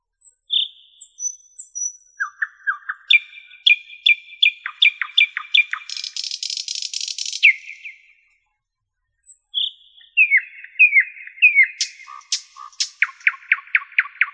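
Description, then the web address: Nightingale song of varied phrases: slurred notes, rattling series, a long buzzy trill, a short pause, then new repeated whistles and crisp chirps. "spiew ptakow piesn slowika"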